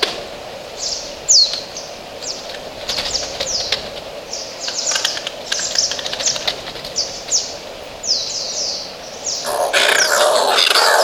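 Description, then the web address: Oilbird calls: a dense chorus of high downward-sliding screeches and rapid clicks, ending in a burst of loud rushing noise. "Oilbird. صدای مرغ روغنی"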